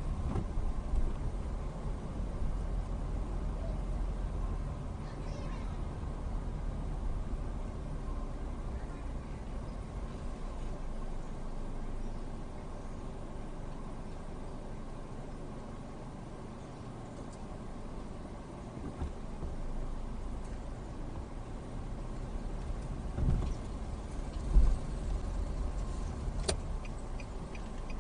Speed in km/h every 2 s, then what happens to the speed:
8, 8, 8, 6, 3, 0, 0, 0, 0, 0, 0, 6, 8, 0.
0-5 steady at about 8. 5-9 slows to 0. 9-21 standing. 21-23 pulls away to 8. 23-28 slows to 0.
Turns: none.